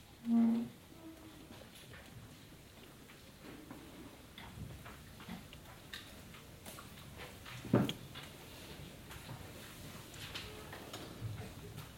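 A quiet library reading hall with a low murmur of room tone and scattered small sounds: faint shuffling, soft taps and rustles throughout. A short tonal beep sounds at the very start, and a sharp knock or thud lands near the eight-second mark.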